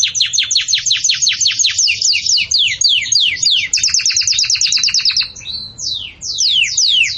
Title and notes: Belíssimo Canto Do Canário Belga Campainha Para Encarte De Filhotes. CANARIO